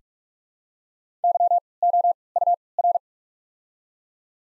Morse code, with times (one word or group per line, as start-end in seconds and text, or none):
1.2-1.6 Y
1.8-2.1 O
2.4-2.5 U
2.8-3.0 R